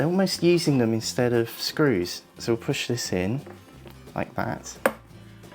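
Someone talks while handling a plastic locking pin at a white plastic plug pushed into the pre-drilled hole at the top of an IKEA EKET wall-hung floating cabinet. Speech gives way to quiet handling noises and a few short knocks. The pin has not clicked or seated in the plug yet.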